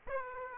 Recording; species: mosquito wingbeat signal from an infrared sensor; Aedes aegypti